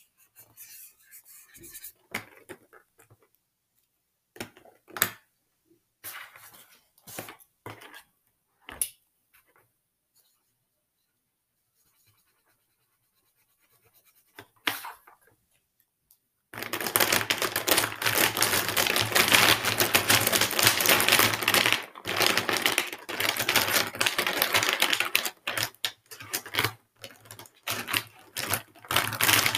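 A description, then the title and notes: Markers being handled and used, starting with scattered clicks, taps and short scratches separated by long silent gaps. Around the seventeen-second mark, steady scribbling begins, a dense run of bright, rapid scratchy strokes that continues almost without pause to the end. Marker ASMR. Playing around with my markers.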